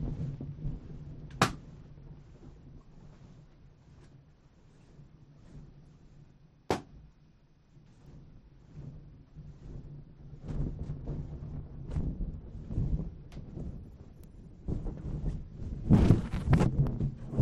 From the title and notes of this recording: The blind spot radio program filled the on-air studio with as many balloons as …, … and I could blow up (which happened to be 1,190) and then entered the room and popped them one at a time with a needle taped to a stick.